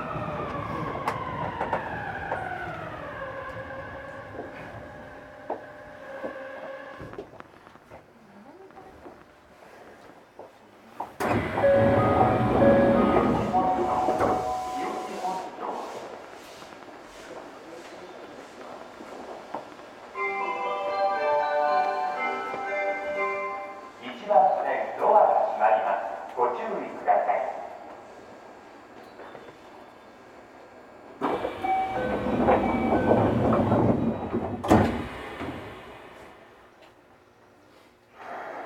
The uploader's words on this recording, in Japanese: 横浜市営地下鉄10000形 日吉〜センター北。グリーンラインで録音。グリーンラインはリニアモーター方式でブルーラインより静かです。